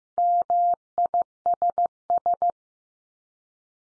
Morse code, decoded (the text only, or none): MISS